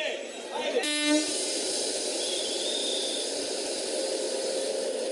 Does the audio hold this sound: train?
yes